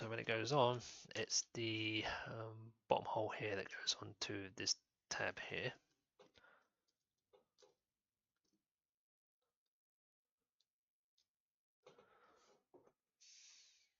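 Someone talks about a plastic Lego Technic building element for the 42152 firefighter aircraft model, placing its bottom hole over a tab on the model frame. After the talk, faint handling taps and rustles are heard, including a small tap around 6.4 seconds. The part has not seated or clicked onto the tab yet.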